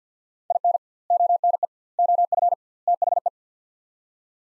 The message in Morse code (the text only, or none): IN ONE OF THE